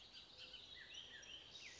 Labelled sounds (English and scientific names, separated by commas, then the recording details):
Bullock's Oriole (Icterus bullockii)
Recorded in Sonoma County, California